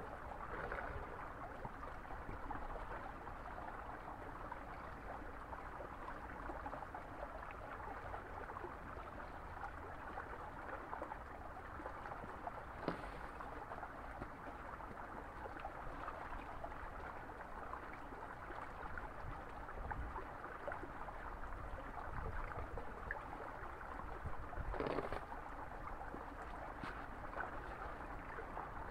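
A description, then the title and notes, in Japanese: Daikon radishes are washed in spring water, with a steady, dense rush and splash of flowing water filling the whole clip. The sound stays even throughout, mostly in the low and middle range. Brief sharp knocks stand out near 13 and 25 seconds. 環境音 湧水で大根洗い。そのための大根洗いを、いつもの富士湧水の洗い場で行います。洗い場の向かいはお寺。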